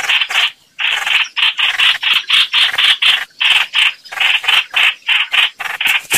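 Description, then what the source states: Red-whiskered bulbul uttering quick, grating rasps in an almost continuous series, roughly four notes each second. Distress call, a bird calling for help.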